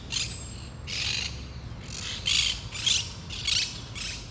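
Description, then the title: Parakeet squawking: a run of several harsh, raspy screeches, with a thin whistled note at the beginning and a low background rumble. Parakeets in a park in Saint-Gilles, Belgium; recorded with DPA 4060 microphones in AB position into a Zoom F3. "Parc de Forest, 1060 Saint-Gilles, Belgique - Parakeets - Perruches"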